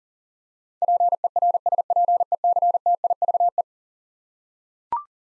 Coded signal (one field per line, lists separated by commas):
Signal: Morse code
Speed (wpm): 40 wpm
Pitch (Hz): 700 Hz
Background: none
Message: PERSPECTIVE